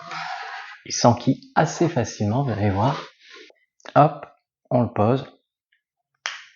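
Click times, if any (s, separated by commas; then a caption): 6.3 s. Someone talks while an ND filter is placed over the camera lens of a DJI Avata 2 drone and pressed on. A sharp click at 6.3 s marks the filter clipping into place, seated on the camera.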